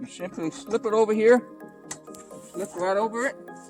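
The foot-end crossbar of a Cabela's camping cot is slipped over the cot frame, to be pushed home so the fabric stays taut, while someone talks over background music and a single faint hit is heard. The clip ends before the crossbar goes home, so nothing has seated or clicked yet.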